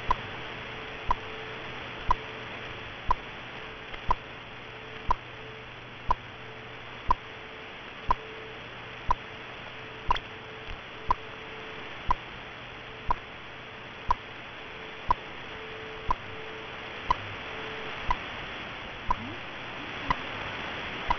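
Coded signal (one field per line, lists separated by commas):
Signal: radio time signal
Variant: BPM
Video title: BPM Chinese Academy of Sciences 10000 kHz - Xian (CHN) - 2023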